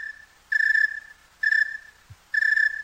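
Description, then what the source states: Snowy tree cricket chirping: several clear, even tonal chirps repeated steadily against a quiet background. Recorded on a cool evening; known as the temperature cricket, singing faster in warmer air; chirps counted over 15 seconds plus 40 approximate air temperature.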